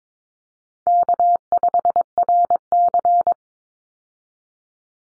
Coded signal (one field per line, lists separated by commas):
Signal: Morse code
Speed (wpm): 22 wpm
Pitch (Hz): 700 Hz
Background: none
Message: K5RC